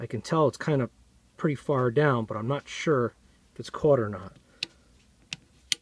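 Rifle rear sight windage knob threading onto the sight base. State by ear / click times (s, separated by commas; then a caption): seated / 4.6 s, 5.3 s, 5.7 s. Someone talks while the windage knob of an M1 Garand lock bar rear sight is turned against the threaded lock bar to catch its threads in the steel sight base. Sharp detent clicks follow at 4.6, 5.3 and 5.7 seconds as the knob picks up the thread. The threads have caught and the knob is seated.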